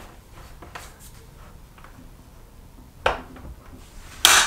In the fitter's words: there, I just heard it all snap in place.